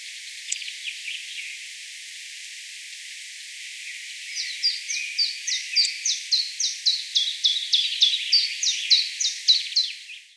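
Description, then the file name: Common chiffchaff: scattered chips and twitters first, then a rapid, even series of crisp, dropping notes lasting about six seconds. "Phylloscopus collybita"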